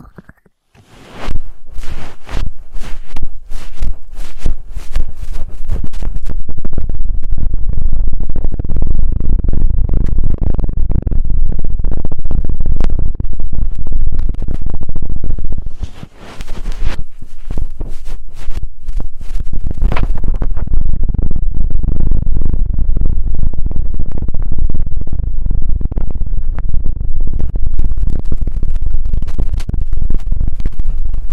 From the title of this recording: Intense Ear Triggers (No Talking)